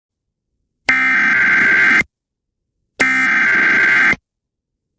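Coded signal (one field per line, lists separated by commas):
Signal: Emergency Alert System (SAME) tones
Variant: header bursts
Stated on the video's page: Recorded South Carolina Tornado Warning EAS alert, relayed about twenty minutes late.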